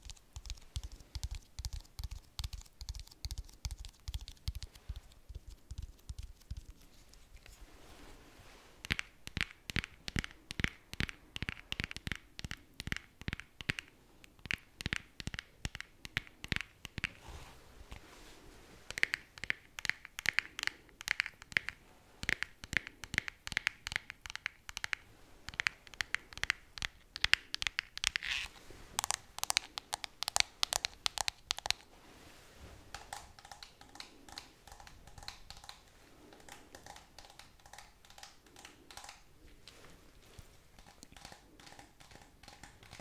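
Slow tapping, a steady run of sharp clicks with the occasional dry crinkle. The taps come in clusters, thinning early on, then growing brighter and more regular from about nine to thirty-two seconds before softening toward the end.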